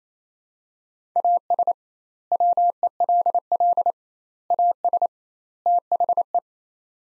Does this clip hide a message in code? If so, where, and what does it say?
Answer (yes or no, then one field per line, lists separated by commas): yes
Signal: Morse code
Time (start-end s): 1.2-6.4 s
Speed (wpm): 28 wpm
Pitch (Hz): 700 Hz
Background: none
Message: AS WELL AS THE